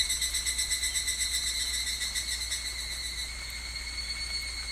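Higurashi cicada song, a ringing high trill, pulsing at first, then steadier and a little softer, with a low steady hum beneath.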